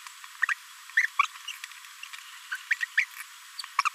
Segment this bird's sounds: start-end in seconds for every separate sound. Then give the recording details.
0.97-1.02, 1.19-1.23, 2.51-2.57, 2.71-2.73, 2.81-2.85, 2.97-3.04. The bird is a male. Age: 26 days. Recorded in a nest box in Venezuela. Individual 17B42A3